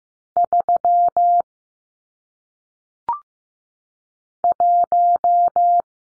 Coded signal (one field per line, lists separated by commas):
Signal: Morse code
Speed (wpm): 15 wpm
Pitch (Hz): 700 Hz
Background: none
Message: 3 1